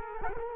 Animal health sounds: mosquito wingbeat signal from an infrared sensor; Culex quinquefasciatus

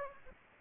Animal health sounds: mosquito wingbeat signal from an infrared sensor; Aedes aegypti

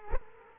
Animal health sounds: mosquito wingbeat signal from an infrared sensor; Culex quinquefasciatus

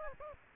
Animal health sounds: mosquito wingbeat signal from an infrared sensor; Aedes aegypti

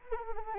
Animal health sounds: mosquito wingbeat signal from an infrared sensor; Anopheles arabiensis

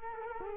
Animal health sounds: mosquito wingbeat signal from an infrared sensor; Culex quinquefasciatus

